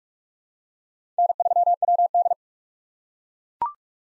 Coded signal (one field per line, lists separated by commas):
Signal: Morse code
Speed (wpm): 42 wpm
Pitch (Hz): 700 Hz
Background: none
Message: N3WD